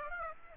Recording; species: mosquito wingbeat signal from an infrared sensor; Aedes aegypti